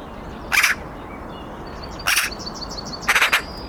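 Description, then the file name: Eurasian magpie giving three loud, grating chack notes, the last a rapid stuttered burst, while thin high notes repeat in the background. "Pica pica"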